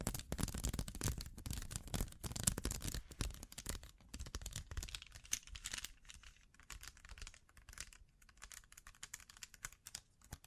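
Bling bling triggers: a dense run of crisp, crinkly rustling and tiny clicks, bright and busy for the first four seconds. After that the handling thins out into quieter, scattered taps and scratchy crackles with short pauses between them.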